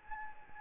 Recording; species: mosquito wingbeat signal from an infrared sensor; Anopheles gambiae